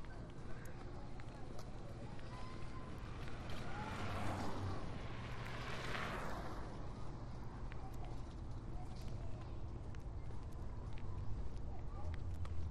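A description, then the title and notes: A walk through Marpole, with a steady low rumble of traffic running throughout. Around the middle, from about four to seven seconds, a vehicle swells past and fades. Faint voices and scattered small clicks and taps sit over the constant hum. Soundwalk: A walk through Marpole. The southern tip of Marpole is a gateway into the lower mainland and intersects important nodes of transportation by land, air and water.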